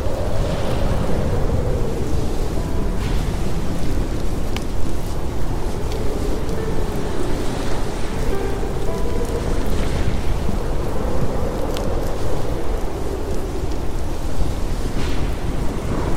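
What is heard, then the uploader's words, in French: A steady, dense storm roars with deep rumbling wind and rain-like hiss, while soft piano notes drift faintly through it. Sons de TEMPÊTE, triggers ASMR, douce mélodie au PIANO. Les MEILLEURS SONS de la NATURE et TRIGGERS (no talking) avec piano.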